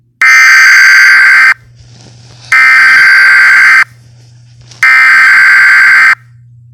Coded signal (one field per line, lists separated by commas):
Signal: Emergency Alert System (SAME) tones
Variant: header bursts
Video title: EAS Mini Scenario Crazy Hand